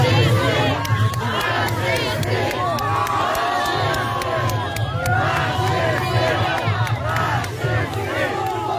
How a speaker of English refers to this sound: Now, I saw this clip on Instagram yesterday, actually. It was being shared on the With Ukraine Instagram feed, but it's crowds of people chanting fascists. This is in the Polish city of Warsaw, where the Russian ambassador was covered in red paint